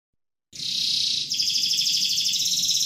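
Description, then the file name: Canary song: a sudden high, dense trill that starts after half a second, then shifts into a pulsed, buzzy rattle that carries steadily to the end. Standard canary song. "suara-kicauan-kenari-standar 5-omkicau"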